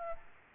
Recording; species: mosquito wingbeat signal from an infrared sensor; Aedes aegypti